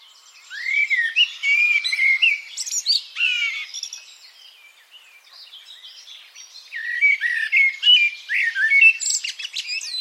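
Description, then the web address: Bird singing a fast, varied warble of high chirps, rising and falling whistles and twitters, with a quieter pause midway before the lively phrases resume. "Deverinetal. Bird Only"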